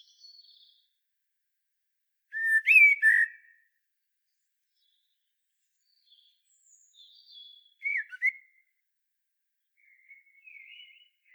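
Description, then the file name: Common blackbird with two brief fluted phrases, each a couple of rich whistles with sharp high squeaks, separated by soft high twitters and long silences. "Turdus merula"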